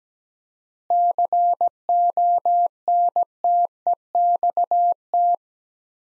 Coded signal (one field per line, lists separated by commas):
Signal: Morse code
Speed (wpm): 17 wpm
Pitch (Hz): 700 Hz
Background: none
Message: CONTEXT